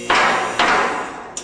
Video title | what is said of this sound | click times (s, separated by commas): PUENTES ELEVADORES DOS #24 | notice they do if they didn't click in sync with each other that would tell you you need to adjust your | 0.1 s, 0.6 s